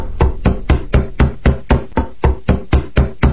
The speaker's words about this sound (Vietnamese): Tư Dao đang định quay ra khỏi tường kép thì bỗng nghe thấy tiếng gõ cửa phòng cô.